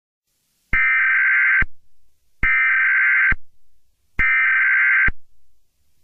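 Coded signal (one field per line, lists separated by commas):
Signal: Emergency Alert System (SAME) tones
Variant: header bursts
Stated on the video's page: Fictional EAS scenario about a black hole, remastered.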